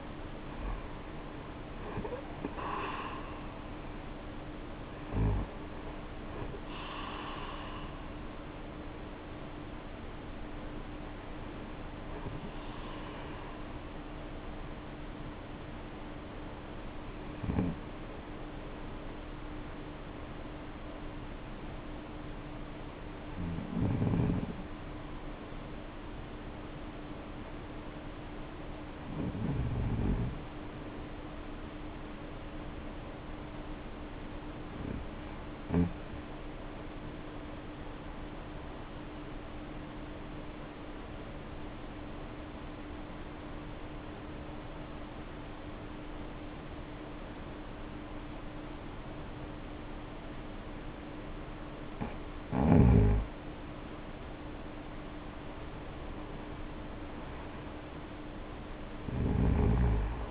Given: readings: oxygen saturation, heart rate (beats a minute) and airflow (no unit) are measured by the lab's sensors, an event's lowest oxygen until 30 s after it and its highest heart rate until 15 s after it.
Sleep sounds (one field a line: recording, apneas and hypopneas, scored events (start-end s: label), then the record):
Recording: breathing in sleep by a voice recorder at the bedside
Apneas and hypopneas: 1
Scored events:
37.00-55.90 s: obstructive apnea (REM, oxygen 96% highest, then 86% lowest, heart rate 54 at the start, 60 highest)
From the record:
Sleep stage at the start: REM sleep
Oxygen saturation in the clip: 73 to 96%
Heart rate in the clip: 48 to 77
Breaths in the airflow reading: 14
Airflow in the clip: -0.8 to 0.7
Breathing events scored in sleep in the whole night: 520 in 7.2 hours asleep